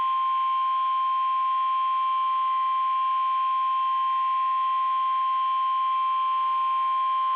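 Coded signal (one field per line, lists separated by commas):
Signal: Emergency Alert System (SAME) tones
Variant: 1050 Hz attention tone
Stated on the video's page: Real NWS Norman Severe Thunderstorm Warning for Oklahoma counties, broadcast on NOAA Weather Radio station WXK85.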